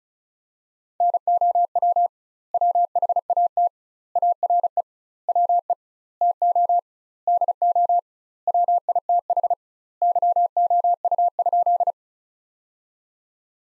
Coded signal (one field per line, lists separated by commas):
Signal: Morse code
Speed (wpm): 35 wpm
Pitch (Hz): 700 Hz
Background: none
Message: NOW WHAT ARE WE TO DO WITH YOU?